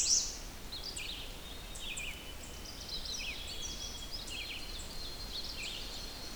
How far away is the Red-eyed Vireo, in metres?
about 70 m